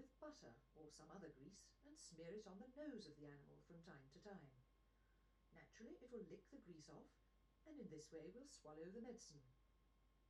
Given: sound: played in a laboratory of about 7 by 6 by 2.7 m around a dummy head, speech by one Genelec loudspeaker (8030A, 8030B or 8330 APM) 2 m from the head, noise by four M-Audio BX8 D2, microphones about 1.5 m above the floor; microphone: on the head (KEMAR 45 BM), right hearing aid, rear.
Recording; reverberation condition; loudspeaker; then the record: female speech in English; low; 60 degrees to the left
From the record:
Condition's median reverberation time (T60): about 310 ms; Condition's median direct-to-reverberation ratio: about 3.5 dB